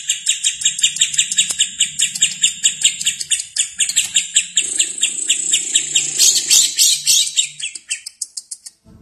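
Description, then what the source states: Lovebird chattering in fast, high, shrill notes for about eight seconds, turning harsher and denser before slowing and stopping at the end. Lovebird singing in the konslet style.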